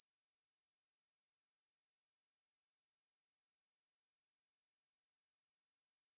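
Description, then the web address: Insect call, a single steady high-pitched tone pulsing rhythmically about three to four times a second, growing slightly louder toward the end, with no other sounds. "Insect Set"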